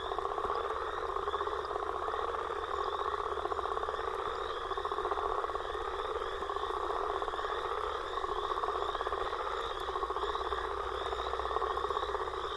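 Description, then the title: Frogs and toads calling together in a steady, dense chorus of pulsed trills and croaks without a pause. Frog and toad chorus recorded after a storm. "Frog And Toad Chorus Post Storm With Thunder"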